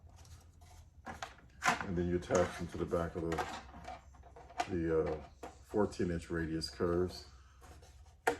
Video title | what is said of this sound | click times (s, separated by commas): Best practices for assembling and disassembling 55 year old Revell slit car track | Go with your fingers there and get a little click to make sure that it's nice and straight. | 8.3 s